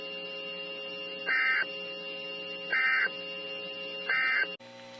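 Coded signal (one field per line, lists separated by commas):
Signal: Emergency Alert System (SAME) tones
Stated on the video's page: Real National Weather Service SAME alerts, mostly tornado warnings, plus thunderstorm warnings, watches, statements and a special marine warning.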